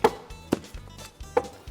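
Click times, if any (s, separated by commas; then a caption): 0.1 s. A torque wrench set to 30 Nm is pulled down gently to tighten the locking ring on a fuel filter body, and it gives a sharp click at 0.1 s as it reaches its setting. Two more short, sharp knocks follow at about 0.5 s and 1.4 s, and the locking ring ends up tightened to torque.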